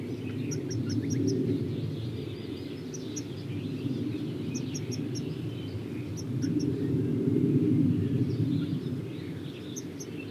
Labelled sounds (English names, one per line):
European Goldfinch